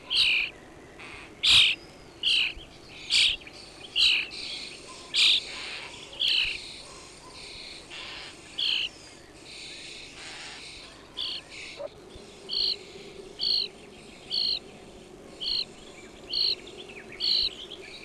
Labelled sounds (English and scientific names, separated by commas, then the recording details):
European Starling (Sturnus vulgaris)
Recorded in the wild
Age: adult
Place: Horscha, Sachsen, DE
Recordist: Meyer, Hugo
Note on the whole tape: Horscha Grünspechtbrutplatz warnend, füttern. Star ahmt Pirol nach, singt und pfeift Kuckuck